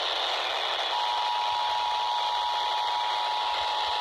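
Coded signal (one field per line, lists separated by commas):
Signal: Emergency Alert System (SAME) tones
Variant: 853 and 960 Hz attention tone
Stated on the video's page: Real required monthly test, received across AM and FM broadcast stations, the Washington State EOC EAS Relay Network on 155.475 MHz and NOAA Weather Radio on 162.550, 162.425 and 162.475 MHz.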